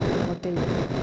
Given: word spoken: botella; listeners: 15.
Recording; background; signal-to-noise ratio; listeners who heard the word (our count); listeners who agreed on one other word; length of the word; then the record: one Spanish word in noise, from a listening test; noise modulated by three-talker babble; -4.8 dB; 0 of 15; 6 of 15; 0.63 s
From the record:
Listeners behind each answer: 6, 3, 3, 1, 1, 1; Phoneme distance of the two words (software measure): 28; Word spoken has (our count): 3 syllables, 6 phonemes, stress on syllable 2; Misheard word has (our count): 2 syllables, 4 phonemes, stress on syllable 2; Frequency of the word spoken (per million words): 29.49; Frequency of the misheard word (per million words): 81.58